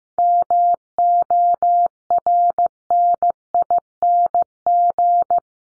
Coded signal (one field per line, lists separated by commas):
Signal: Morse code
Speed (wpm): 15 wpm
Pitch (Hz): 700 Hz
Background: none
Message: MORNING